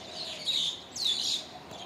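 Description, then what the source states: Ashy minivet calls: two brief, buzzy, high trilled bursts about half a second apart, over a soft steady background hiss. Recorded on 16 March 2021.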